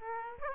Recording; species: mosquito wingbeat signal from an infrared sensor; Aedes aegypti